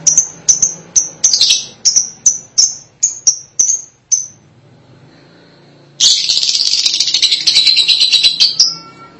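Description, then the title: Lovebird calls: a series of sharp high chips, a pause, then a continuous burst of harsh, shrill chattering. "BM Suara Burung Lovebird"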